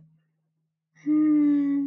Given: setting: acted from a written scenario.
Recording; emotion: vocal sound without words; romantic love